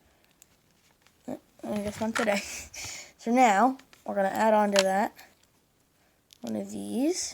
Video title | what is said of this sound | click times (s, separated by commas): Lego Goop from Ben 10! (How to build) | should click it usually makes a clicking sound | 0.4 s